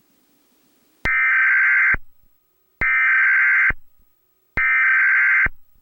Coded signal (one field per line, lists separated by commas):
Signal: Emergency Alert System (SAME) tones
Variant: header bursts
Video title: EAS Scenario // SCP-354 Expanding